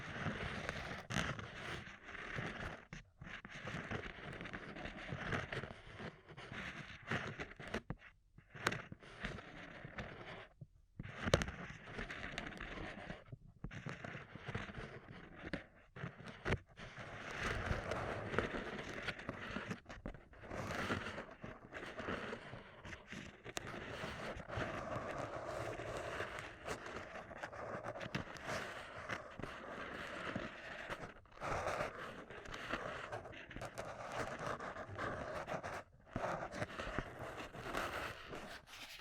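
Ear cupping with close, muffled rustling and soft scraping that rises and falls, broken by brief near-silent pauses every few seconds.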